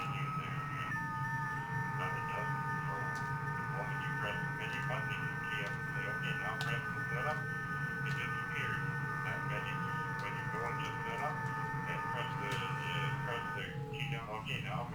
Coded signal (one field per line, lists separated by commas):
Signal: FT8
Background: speech